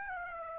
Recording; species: mosquito wingbeat signal from an infrared sensor; Aedes aegypti